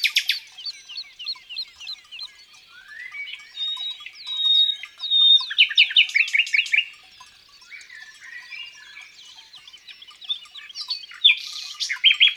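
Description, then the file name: Common nightingale song with quick repeated chirps, a rising slur and a loud run of sharp notes, then quieter twittering before another strong phrase. Recorded in the countryside. "Rossignol philomele Chants doiseaux dans la campagne"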